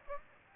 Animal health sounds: mosquito wingbeat signal from an infrared sensor; Aedes aegypti

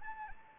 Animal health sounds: mosquito wingbeat signal from an infrared sensor; Anopheles gambiae

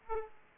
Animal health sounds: mosquito wingbeat signal from an infrared sensor; Aedes aegypti

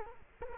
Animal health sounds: mosquito wingbeat signal from an infrared sensor; Culex quinquefasciatus

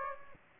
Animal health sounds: mosquito wingbeat signal from an infrared sensor; Aedes aegypti

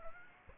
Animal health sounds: mosquito wingbeat signal from an infrared sensor; Aedes aegypti

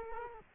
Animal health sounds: mosquito wingbeat signal from an infrared sensor; Culex quinquefasciatus

